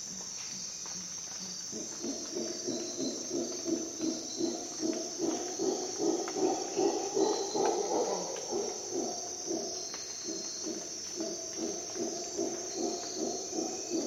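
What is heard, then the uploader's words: Howler monkeys roar at dawn, a low, pulsing chorus that swells after two seconds, peaks around seven, then eases but carries on. A steady, high insect whine runs unbroken underneath the whole time. Dawn in Costa Rica jungle - Howler monkey sounds. On my Costa Rica expedition I was reacquainted with howler monkey calls.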